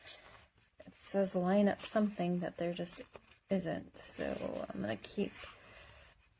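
Someone talks while handling a plastic/metal frame part of a Cubuly toddler balance bike, pushing it at an angle against its mating piece with faint handling noises. Nothing has seated or clicked yet.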